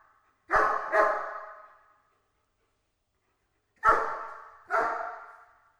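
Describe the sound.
Dog barking: two pairs of loud, harsh double barks, one pair early and one near the end, separated by silence.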